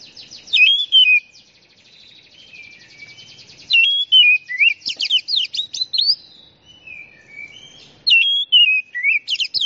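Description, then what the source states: Oriental magpie-robin song: clear whistles and quick sweeping notes, with a soft scratchy twittering underneath between phrases. Champion bird.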